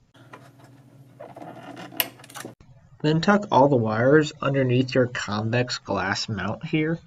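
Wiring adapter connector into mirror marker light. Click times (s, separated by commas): 2.0 s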